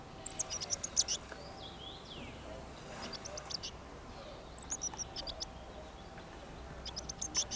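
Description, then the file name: Eurasian blue tit giving a few short runs of very high, thin notes separated by quieter gaps, over soft background noise. "Cyanistes caeruleus"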